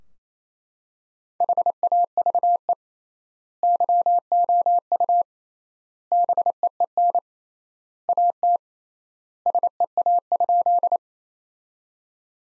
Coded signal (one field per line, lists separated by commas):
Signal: Morse code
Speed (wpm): 28 wpm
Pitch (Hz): 700 Hz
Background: none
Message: HAVE YOU BEEN AT SEA?